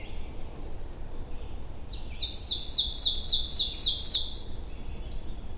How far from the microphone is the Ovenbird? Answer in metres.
about 10 m